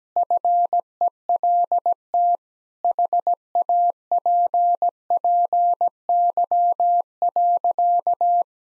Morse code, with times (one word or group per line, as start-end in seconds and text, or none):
0.2-2.4 FELT
2.8-8.4 HAPPY.